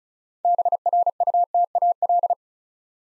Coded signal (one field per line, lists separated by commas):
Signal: Morse code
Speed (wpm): 36 wpm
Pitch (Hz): 700 Hz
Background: none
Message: BRUTAL